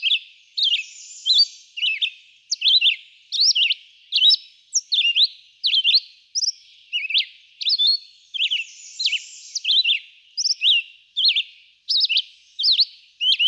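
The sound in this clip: Red-eyed vireo song with a continuous string of short, varied, slurred whistled phrases, coming a little over once a second.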